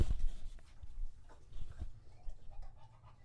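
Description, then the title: English Bulldog panting heavily, a loud breathy burst at the start, then softer snuffling breaths fading over a few seconds. English Bulldog drinking water from a bowl after a long walk, heavy breathing between drinks, out of breath from the walk and from drinking so long. "English Bulldog Drinks from Water Bowl - Weird Sounds"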